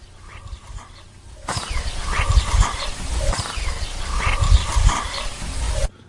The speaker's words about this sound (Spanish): Los animales que se escuchan de lejos, uh-huh, esos perrillos que sí, estaban por allí, que algunas veces se acercaban y nos fastidiaban un poquito las grabaciones y demás, en esta ocasión, como veis, están ladrando